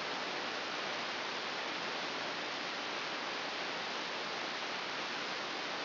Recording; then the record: brain microelectrode recording played as sound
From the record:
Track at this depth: inside the subthalamic nucleus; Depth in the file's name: 6.732 mm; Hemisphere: right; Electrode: 2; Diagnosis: Parkinson's disease